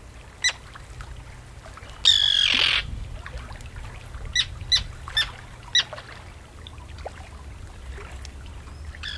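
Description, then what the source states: Common Tern giving a single loud harsh rasping scream, with scattered short sharp clicks and kip notes before and after it against a low rumbling background. Birds fly out to meet a boater approaching the nesting area, calling loudly and diving at the intruder's head; colony sensitive to disturbance.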